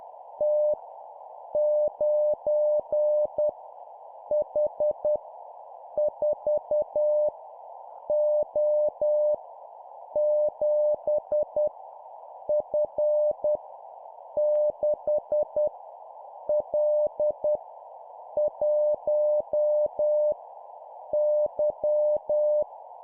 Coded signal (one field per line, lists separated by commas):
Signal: Morse code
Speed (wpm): 10 wpm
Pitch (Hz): 600 Hz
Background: none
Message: T 9 H 4 O 7 F 6 L 1 Y